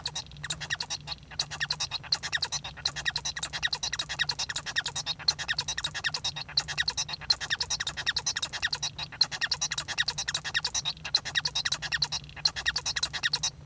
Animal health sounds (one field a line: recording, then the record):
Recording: song of a male Bengalese finch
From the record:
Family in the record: son of father 1